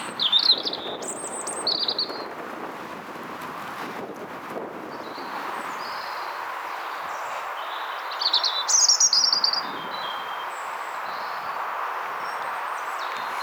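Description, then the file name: European robin giving thin, high whistled phrases with quick trilled flourishes, in short bursts separated by pauses, over a steady hiss of background noise. "Erithacus rubecula"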